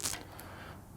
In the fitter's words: and it has a spring in there so again we're going to load that against the spring push until it clicks